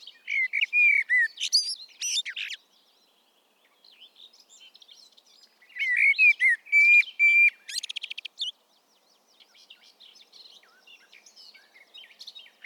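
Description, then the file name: Common blackbird delivering rich whistled phrases that break into rapid high squeaks, repeated twice, with faint twittering between and after. "Turdus merula"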